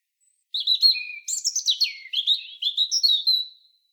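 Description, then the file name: European robin singing a thin, high warbling phrase of sweet whistles and rapid twittering notes, sliding up and down, lasting about three seconds. "Erithacus rubecula"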